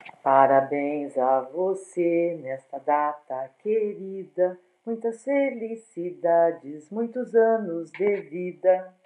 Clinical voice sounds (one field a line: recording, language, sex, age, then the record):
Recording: short text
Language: Brazilian Portuguese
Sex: female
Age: 60 to 69 years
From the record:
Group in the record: control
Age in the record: 60 years